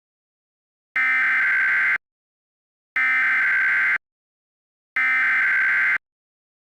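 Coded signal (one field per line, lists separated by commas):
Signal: Emergency Alert System (SAME) tones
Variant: header bursts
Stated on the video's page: Fictional EAS scenario with valid EAS tones.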